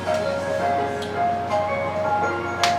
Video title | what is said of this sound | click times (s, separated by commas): LEGIT OEM iPHONE 5 SCREEN REPLACEMENT- PART 1 | Hear that snap? That's a good snap, not a bad snap. | 2.6 s